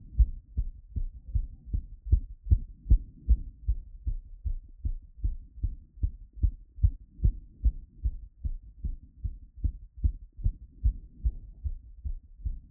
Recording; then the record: heart sounds by stethoscope after running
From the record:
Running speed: 7 mph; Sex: male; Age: 20 to 29 years